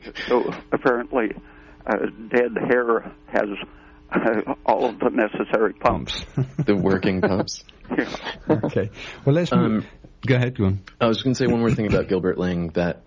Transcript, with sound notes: So apparently dead hair has all of the necessary pumps. The working pumps. - (laughing) Okay, well let's move on. Go ahead, go on. - I was gonna say one more thing about Gilbert Lang that